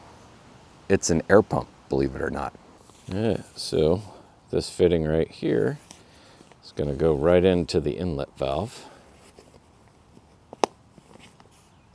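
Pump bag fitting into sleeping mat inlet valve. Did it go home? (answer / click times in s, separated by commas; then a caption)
yes / 10.6 s. Someone talks, then the plastic fitting of an air-pump bag is pushed into the inlet valve of an EXPED Megamat 10 sleeping mat. It seats with a single sharp snap at 10.6 s, followed by faint handling sounds.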